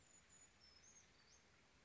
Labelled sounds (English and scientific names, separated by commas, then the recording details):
Brown Creeper (Certhia americana)
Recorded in Sonoma County, California